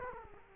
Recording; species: mosquito wingbeat signal from an infrared sensor; Culex quinquefasciatus